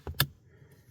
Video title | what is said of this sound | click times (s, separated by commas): 2004 Chevy Silverado 1500: Blower Motor & Resistor Replacement!!! | Hear that click. | 0.2 s